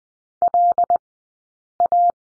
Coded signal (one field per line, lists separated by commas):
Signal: Morse code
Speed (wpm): 20 wpm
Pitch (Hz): 700 Hz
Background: none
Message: LA